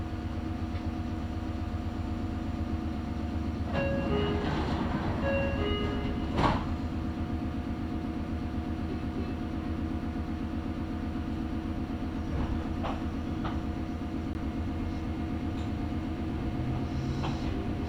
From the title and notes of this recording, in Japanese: 名古屋鉄道各務原線 新加納→犬山 普通列車。だいぶ日も西に傾いてきた頃です。細かく停車していきます。